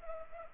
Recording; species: mosquito wingbeat signal from an infrared sensor; Culex pipiens